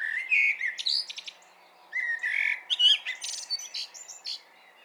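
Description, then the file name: Common blackbird song: two phrases, each opening with low fluted whistles and ending in a thin, high, squeaky twitter, with a pause between them. "Turdus merula"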